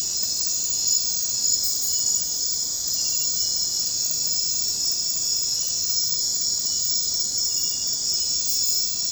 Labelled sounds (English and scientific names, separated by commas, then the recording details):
none
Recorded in secondary vegetation near Puerto Asís, Putumayo, Colombia, on 9 March 2025 at 02:00
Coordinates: 0.484, -76.319
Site G010